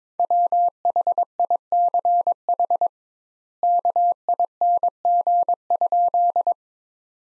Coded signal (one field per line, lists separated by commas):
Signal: Morse code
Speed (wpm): 22 wpm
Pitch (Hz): 700 Hz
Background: none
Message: WHICH KING?